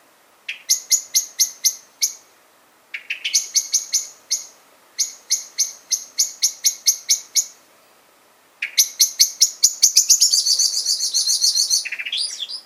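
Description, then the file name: Common blackbird giving sharp, metallic chinking calls in quick runs, breaking into a faster chattering rattle near the end. "Turdus merula"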